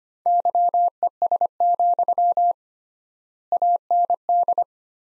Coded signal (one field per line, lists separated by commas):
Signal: Morse code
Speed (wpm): 25 wpm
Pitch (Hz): 700 Hz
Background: none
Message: YES, AND